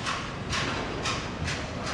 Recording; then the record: background sound without coughing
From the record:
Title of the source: 30 MINUTES Construction Site Ambience (CC BY 4.0)